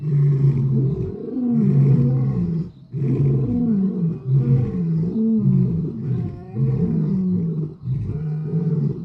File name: lion roar